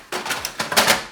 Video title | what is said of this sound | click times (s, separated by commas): 😎 5 sublimation tips and tricks you need to know | you want to push it in until you hear that click | 0.4 s